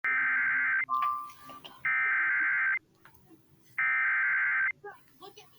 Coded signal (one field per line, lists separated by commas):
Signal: Emergency Alert System (SAME) tones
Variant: header bursts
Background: speech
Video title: EAS 49 CRAIG at Thu May 08 2025 6:37:13 PM